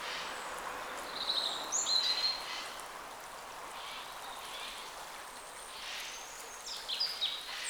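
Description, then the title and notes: Birdsong in brief high whistled and twittering bursts, around the second second and again near the end, over a constant rushing background like flowing water. Forest birds along a small branch of the Dordogne at the exit of Carennac, France; recorded with a Zoom H5 and XYH-5 microphone. "Carennac - Oiseaux de la Dordogne. Oiseaux Loire forêt Carennac. A la sortie de Carennac, le long d'un petit bras de la Dordogne, les oiseaux dans la forêt Zoom H5 + XYH-5"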